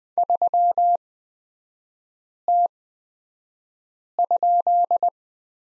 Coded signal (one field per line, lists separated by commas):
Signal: Morse code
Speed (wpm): 20 wpm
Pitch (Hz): 700 Hz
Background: none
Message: 3T?